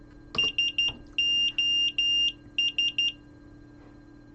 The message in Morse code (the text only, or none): SOS